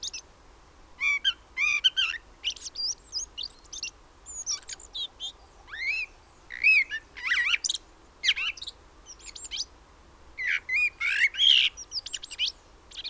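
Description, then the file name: Common blackbird producing repeated squeaky whistles and high, buzzy chips in clusters every second or two, with pitch bending up and down. "Turdus merula"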